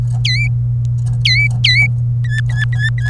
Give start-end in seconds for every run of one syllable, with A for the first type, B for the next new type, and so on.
0.24-0.47 A, 1.25-1.87 A, 2.25-3.06 B, 3.08-3.09 C